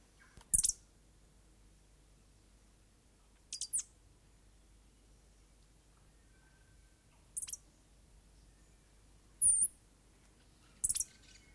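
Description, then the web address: Stitchbird calls: five short, sharp, very high bursts, most a quick double note, spaced irregularly a few seconds apart with near silence between. New Zealand native bird. "conservation native-animals birds bird-song stitchbird-song"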